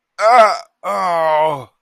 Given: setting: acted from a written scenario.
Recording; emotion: vocal sound without words; negative surprise